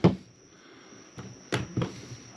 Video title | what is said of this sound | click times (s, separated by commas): SimPure 5 stage RO Water Filtration System T1-400UV / Built in Booster pump provides non-stop flow! | and and there, it gives a nice satisfying snap when you turn it into place, | 1.5 s